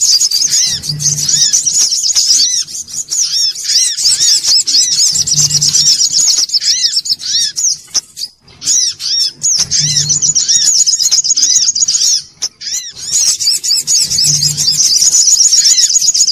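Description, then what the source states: Little spiderhunter song: long bouts of dense, shrill twittering with lower arched notes, separated by short breaks; a low hum recurs every few seconds. Bird-training (masteran) song.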